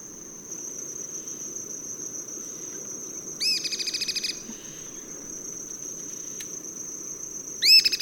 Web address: Natures Songs S America Birds of Ecuador Cliff Flycatcher